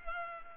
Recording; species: mosquito wingbeat signal from an infrared sensor; Culex pipiens